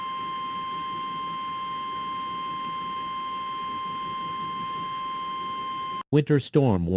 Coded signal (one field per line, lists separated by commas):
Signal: Emergency Alert System (SAME) tones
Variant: 853 and 960 Hz attention tone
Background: speech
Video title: All types of Emergency Alerts on television and Radio from the Emergency Alert System